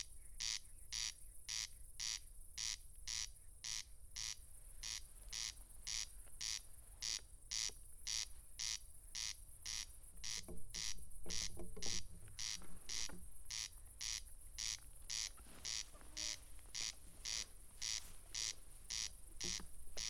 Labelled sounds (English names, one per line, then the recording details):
Corn Crake song
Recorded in the wild
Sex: male
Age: adult
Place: Schwedt/Oder, Nationalpark Unteres Odertal, Brandenburg, DE
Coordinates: 53.0381, 14.2905
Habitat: meadow
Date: 2021-07-16 00:06
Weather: 16°C, 99% humidity, almost windless
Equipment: Edirol R44, Microtech Gefell MK 250/MV220
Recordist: Frommolt, Karl-Heinz